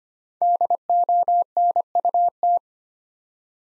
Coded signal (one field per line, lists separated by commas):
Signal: Morse code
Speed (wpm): 25 wpm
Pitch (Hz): 700 Hz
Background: none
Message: DONUT